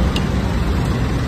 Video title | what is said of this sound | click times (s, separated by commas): Cara tukar wiper kereta perodua axia wiper dari nakamichi | dah lock. Okey. | 0.2 s